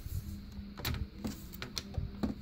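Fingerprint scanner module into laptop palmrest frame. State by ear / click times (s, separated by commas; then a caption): seated / 1.6 s, 1.8 s. A fingerprint scanner module for a Dell Precision M4700 is pressed into its metal frame in the laptop palmrest. Two sharp clicks are heard at 1.6 s and 1.8 s as it locks into place, seated.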